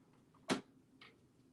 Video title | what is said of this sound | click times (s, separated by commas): Sublimation For Beginners: Let's Talk About Sublimation #sublimation #sublimationprinting | but if I put it on top of here like this and hear the snap | 0.5 s